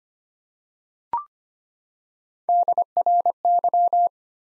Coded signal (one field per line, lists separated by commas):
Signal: Morse code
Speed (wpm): 25 wpm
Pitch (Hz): 700 Hz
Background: none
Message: DRY